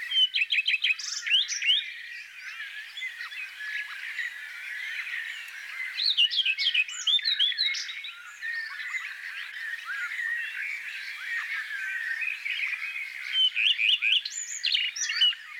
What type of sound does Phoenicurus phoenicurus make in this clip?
song